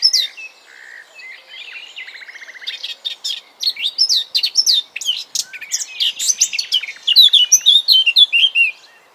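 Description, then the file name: Eurasian blackcap song: quiet chattering subsong with a short buzzy rattle, building into loud, rapid, varied warbling with clear fluty notes toward the end. "Sylvia atricapilla"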